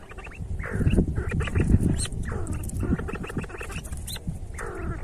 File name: See See partridge sound